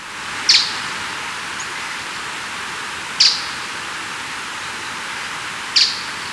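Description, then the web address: Flammulated treehunter giving a short, sharp high call note repeated about every two and a half seconds over a steady hiss. Recorded in Ecuador. "Birds of Ecuador 2. Flammulated Treehunter"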